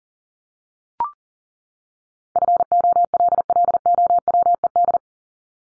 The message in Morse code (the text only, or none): FOLLOWED